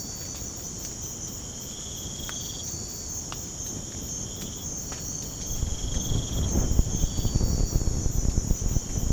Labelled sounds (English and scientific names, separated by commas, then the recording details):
none
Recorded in pastures near Puerto Asís, Putumayo, Colombia, on 19 March 2025 at 03:00
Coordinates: 0.505, -76.324
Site GP08